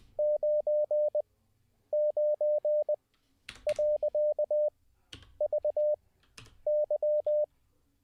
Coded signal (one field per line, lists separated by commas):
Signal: Morse code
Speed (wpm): 20 wpm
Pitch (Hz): 600 Hz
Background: none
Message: 99.VY